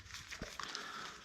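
A rubber seal is pressed in at the bottom and pried up at the top into its groove in the front brake caliper of a DRZ400S motorcycle. Against a low background, small sharp clicks sound at 0.6 and 0.8 seconds as the seal seats in place.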